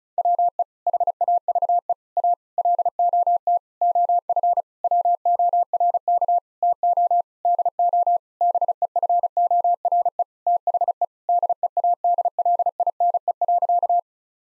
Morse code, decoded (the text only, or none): WE HAVE A LOT OF WORK TO DO BEFORE THE DEADLINE.